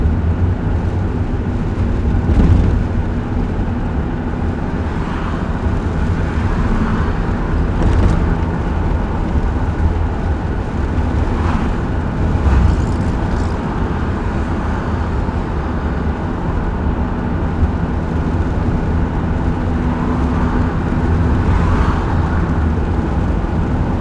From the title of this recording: Afternoon drive and a car wash in Phoenix Arizona